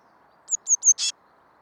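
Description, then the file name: Eurasian blue tit call: three thin, very high whistled notes in quick succession followed by one short, harsh buzzy note. "Cyanistes caeruleus"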